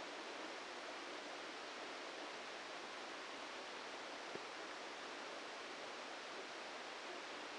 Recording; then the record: brain microelectrode recording played as sound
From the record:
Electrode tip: inside the subthalamic nucleus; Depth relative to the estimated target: -1 mm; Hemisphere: left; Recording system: NeuroSet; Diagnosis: Parkinson's disease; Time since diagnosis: 14 years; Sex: male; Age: 51 years